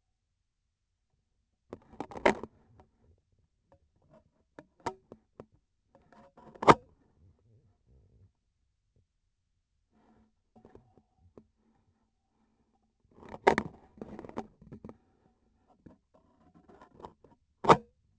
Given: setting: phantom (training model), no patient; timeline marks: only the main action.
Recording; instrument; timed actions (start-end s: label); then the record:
laparoscopic instrument, vibration sensor on the handle end; scissors
6.53-6.93 s: cutting PTFE tape
17.57-17.99 s: cutting PTFE tape
From the record:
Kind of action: gesture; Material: PTFE tape